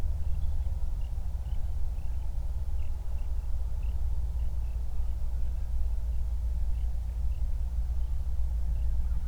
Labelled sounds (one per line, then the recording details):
songbird
wind
man-made sound
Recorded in the Prudhoe Bay oil fields, Alaska, on 31 July 2019 at 08:45
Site 24